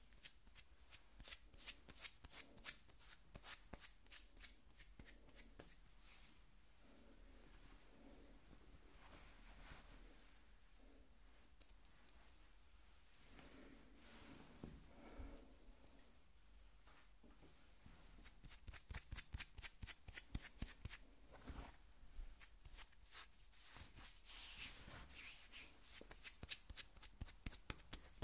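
Skin scratching in quick, bright strokes, dense and fairly regular for the first six seconds, then thinning to soft, scattered rubbing through the middle. Around eighteen seconds the rapid scratching returns, sharper and busier, with a few louder swipes near twenty-five seconds.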